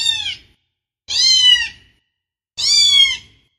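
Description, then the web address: Cat giving three meows spaced a second or more apart, each falling slightly at the end, with nothing else audible. "koshka"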